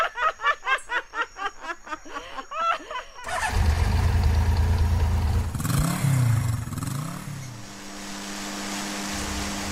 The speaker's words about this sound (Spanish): Ay, tiene la llave de la gasolina cerrada. Las hermanas se ríen, abren la llave de la gasolina, prenden la moto y siguen su rumbo a casa.